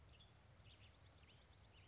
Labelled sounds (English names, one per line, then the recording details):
Western Tanager
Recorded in Sonoma County, California